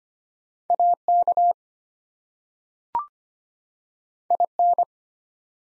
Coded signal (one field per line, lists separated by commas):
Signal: Morse code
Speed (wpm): 25 wpm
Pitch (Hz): 700 Hz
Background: none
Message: AK IN